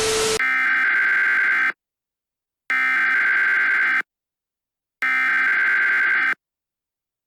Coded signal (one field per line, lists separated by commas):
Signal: Emergency Alert System (SAME) tones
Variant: header bursts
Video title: EAS Scenario: The Final Hours Of Dawn [FULL ANALOG HORROR]